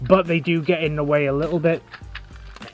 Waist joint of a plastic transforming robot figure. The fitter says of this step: he does kind of lock into place like that so